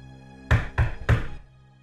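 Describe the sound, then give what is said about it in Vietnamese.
Three firm knocks on a door from outside near dawn, in quick, even succession, each a deep, solid thud with a short ringing tail, followed by quiet. “Tiếng gõ cửa phát ra từ bên ngoài.”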